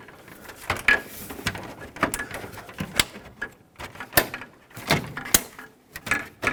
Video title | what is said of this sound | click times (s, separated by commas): How to Replace Headlight Assemblies 2001-2004 Toyota Tacoma | There you go. You'll hear the clips kind of snap into place. | 0.9 s, 3.0 s, 5.3 s